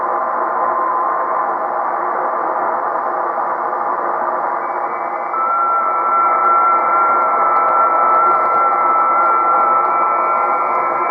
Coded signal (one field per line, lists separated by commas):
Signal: FT8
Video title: FT8 Ops Have ZERO Respect for CW Ops